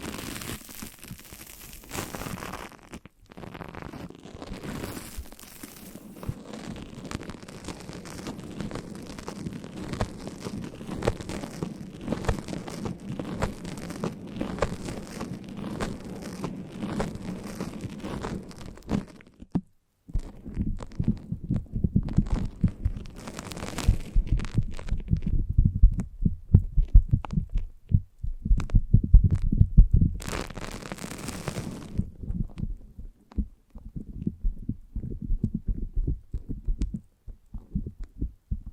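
A foamy, sticky brain massage: dense crackling and squishing for twenty seconds, then slower wet, sticky taps and pulls with occasional bright hissy bursts.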